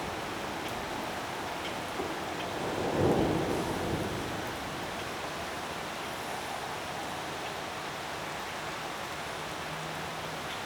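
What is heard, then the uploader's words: A thunderstorm rumbles in the distance under a steady wash of wind and rain noise. Around three seconds in, a low roll of thunder swells briefly and fades by about four seconds. The rest stays even and dense, with a faint low hum near the end. Windy Thunderstorm in the Distance.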